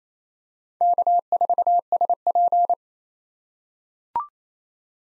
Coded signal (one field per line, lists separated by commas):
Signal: Morse code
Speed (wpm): 28 wpm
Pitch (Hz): 700 Hz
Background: none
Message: K4SP